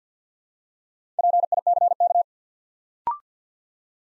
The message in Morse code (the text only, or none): PICK